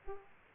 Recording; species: mosquito wingbeat signal from an infrared sensor; Aedes aegypti